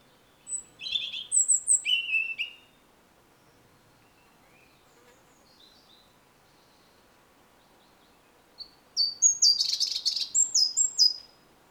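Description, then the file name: European robin singing two bursts of high, thin, rapid notes, each phrase lasting two to three seconds and separated by a long quiet pause. "Erithacus rubecula"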